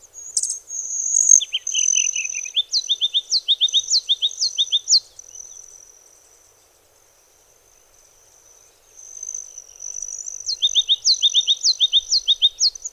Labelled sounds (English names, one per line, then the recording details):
Ruby-crowned Kinglet song
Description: Ruby-crowned Kinglet song recorded on the Cow Creek Trail in Rocky Mountain National Park
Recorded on 22 June 2015